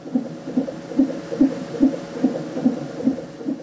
The sound of a baby's heartbeat.